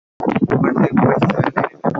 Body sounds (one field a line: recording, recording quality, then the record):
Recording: counting at a fast pace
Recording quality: poor, much background noise or distortion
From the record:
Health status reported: healthy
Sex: male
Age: 32 years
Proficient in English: yes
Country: Canada